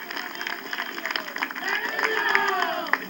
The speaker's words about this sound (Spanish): Así que un fuerte aplauso al presidente Morales, que hace que la ciudad del Alto dé la vanguardia como las ciudades más importantes de Sudamérica.